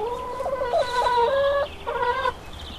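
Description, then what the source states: Chicken: hens clucking in drawn-out harmonic notes, a long steady cackle with a short second phrase after a brief pause, faint high chirps of small birds at the end. Hens, recorded 5 April 2014 on an MZ-N710 recorder.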